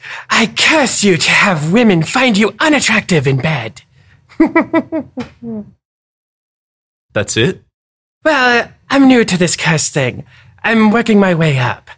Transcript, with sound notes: I curse you to have women find you unattractive in bed! [LAUGHTER]
That's it?
Well, I'm new to the curse thing. I'm working my way up.